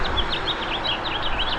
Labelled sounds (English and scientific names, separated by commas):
House Finch (Haemorhous mexicanus) song